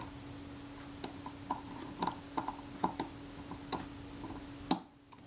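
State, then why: Seated. While reassembling the jammed shutter of a Kodak Retina Reflex IV, a small metal shutter part greased with molybdenum paste is set on its post, dropped down and rotated. A series of light ticks and clicks sounds over a steady low hum. The part seats with the loudest sharp click at 4.7 s.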